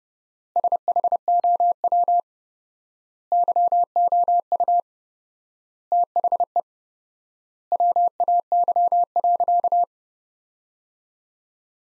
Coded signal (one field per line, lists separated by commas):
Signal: Morse code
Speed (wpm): 30 wpm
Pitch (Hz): 700 Hz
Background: none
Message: SHOW YOU THE WAY.